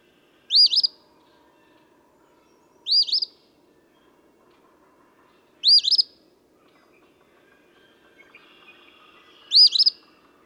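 Eastern phoebe giving four quick, buzzy, high two-part phrases at irregular intervals.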